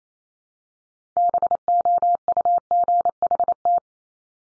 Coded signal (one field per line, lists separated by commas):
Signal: Morse code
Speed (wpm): 28 wpm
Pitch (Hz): 700 Hz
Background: none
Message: BOUGHT